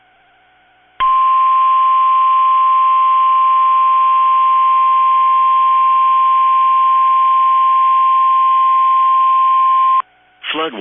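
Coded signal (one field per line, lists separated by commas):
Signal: Emergency Alert System (SAME) tones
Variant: 1050 Hz attention tone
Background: speech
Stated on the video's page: Flood watch received from NOAA weather radio station in Columbus, Ohio.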